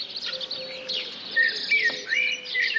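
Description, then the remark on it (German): Bright, high-pitched songbird chirps and whistled notes repeat over a steady background hiss, with several birds seemingly calling at once at a moderate level. “Hoch oben von dem Eichenast eine bunte Meise läutet. Ein fröhliches Lied, ein helles Lied.”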